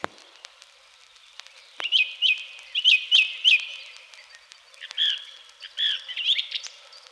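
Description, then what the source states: Song Thrush singing, a phrase of repeated clear whistled notes, then a more varied phrase. Spring forest where song thrushes are heard everywhere; unhurried, sonorous phrases sung from the top of a tall spruce.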